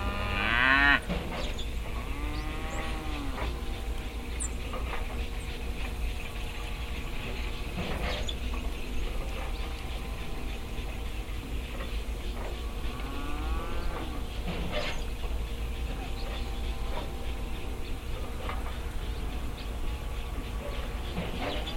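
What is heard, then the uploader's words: An oil pumpjack runs in a field with a steady low mechanical drone and a constant hum. Rising and falling whining squeals repeat roughly every few seconds, matching the slow stroke of the pump, with occasional clanks and creaks along the way. Oil pumpjack in field. Binaural field recording, Bakersfield, CA. This is a binaural audio recording.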